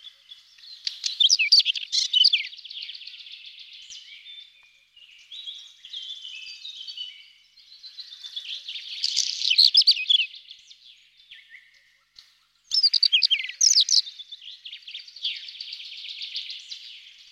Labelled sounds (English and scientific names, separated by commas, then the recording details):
Whinchat (Saxicola rubetra) song
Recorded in the wild
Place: Braslawskiye, BY
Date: 2005-05-19
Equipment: Minidisc Sony MZ-R35, Telinga DAT, Telinga-Parabolspiegel
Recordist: Schwarz, Dieter
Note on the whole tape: Song